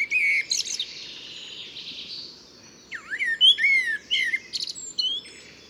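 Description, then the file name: Common blackbird with high chirping notes, then a run of sweeping whistled and twittering phrases. "Turdus merula"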